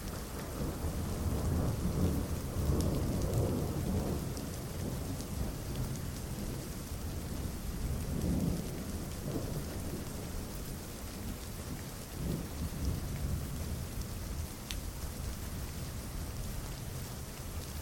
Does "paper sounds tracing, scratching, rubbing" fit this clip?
no